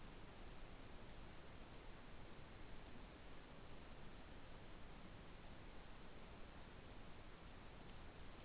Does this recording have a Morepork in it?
no